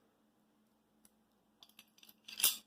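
A steel barrel/slide assembly is worked into the frame of a Springfield Armory 1911-style .45 pistol during stainless-steel parts and barrel fitting. Faint metallic scrapes and light taps lead to a loud metallic click at 2.4 s as the part locks into place, showing about 1/8 inch. The earlier trouble came from working it at the wrong angle.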